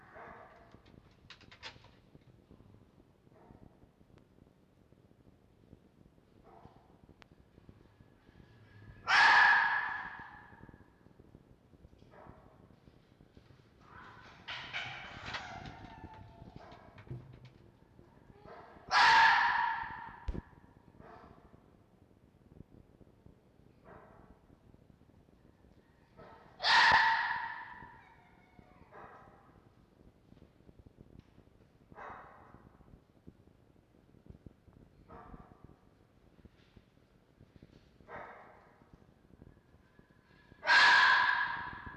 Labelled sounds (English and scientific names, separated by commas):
Red Fox (Vulpes vulpes)